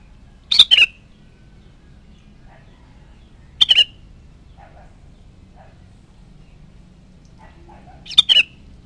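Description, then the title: Sooty-headed bulbul uttering three brief double chirps several seconds apart, with near silence between them. "Kutilang"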